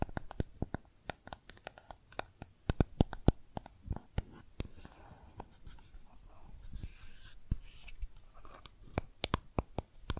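Makeup tapping and scratching: sharp, uneven clicks and taps come several times a second, with soft scratchy rustles in between, especially midway.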